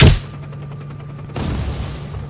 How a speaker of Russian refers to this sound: Я выстрелил, но граната лопанула вертолет борт по касательной. Отлетела и через долю секунды рванула уже 3 метра от брони, не причинив никакого вреда мелкими противопехотными осколками.